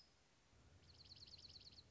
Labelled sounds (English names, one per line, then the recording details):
Dark-eyed Junco
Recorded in Sonoma County, California